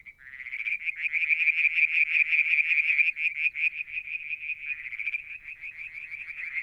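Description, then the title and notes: Frog: continuous fast pulsed trill of frogs, high and rattling, holding steady for the whole stretch with slight swells in loudness. Limnodynastes peronii, Litoria verreauxii and an unidentified frog calling one evening near a water tank, Mount Wilson, New South Wales, Australia, July 2022. "Frog song, Mount Wilson, New South Wales, Australia in July 2022 – by Alexander Moffatt. Limnodynastes Peronii, Litoria Verreauxii and a mystery frog one evening near the water tank"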